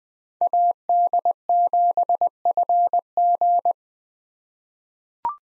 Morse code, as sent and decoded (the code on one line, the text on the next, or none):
.- -.. --... ..-. --.
AD7FG